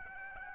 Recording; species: mosquito wingbeat signal from an infrared sensor; Aedes aegypti